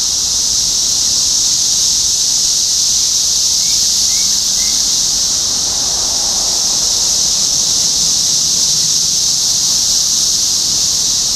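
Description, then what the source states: Cicadas droning in a continuous high-pitched hiss that never pauses, with a few faint brief notes near the middle. Cicadas in Topeka, Kansas, on 14 June 2015.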